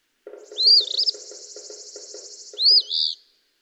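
Eastern phoebe song, two sharp rising-falling fee-bee phrases at start and end, with a steady buzzy trill and a low pulsing chatter running underneath.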